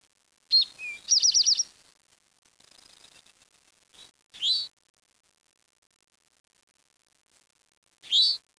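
Bird calls: high, sharp chirps and a quick trill, then two more short squeaky chirps several seconds apart.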